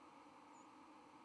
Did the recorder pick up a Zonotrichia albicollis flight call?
yes